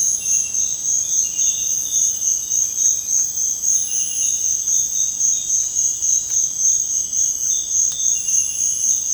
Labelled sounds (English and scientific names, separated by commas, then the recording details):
none
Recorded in dense forest near Puerto Asís, Putumayo, Colombia, on 26 December 2024 at 05:30
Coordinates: 0.481, -76.323
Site G100